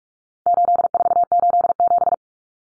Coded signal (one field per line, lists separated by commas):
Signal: Morse code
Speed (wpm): 44 wpm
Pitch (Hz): 700 Hz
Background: none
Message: 8487